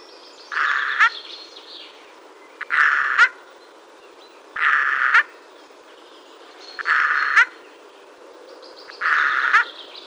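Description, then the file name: Eurasian jay repeating a rasping, harsh screech roughly every two seconds, five calls in all, over a quiet steady background. "Garrulus glandarius"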